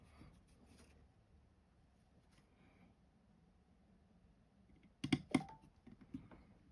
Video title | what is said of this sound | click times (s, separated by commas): FANHOME Build the Back to the Future Delorean 1:8 Scale Part 37 | you hear it click and crunch you know you put it in the right place there you go | 5.0 s, 5.1 s, 5.3 s